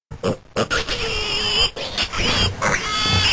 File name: pig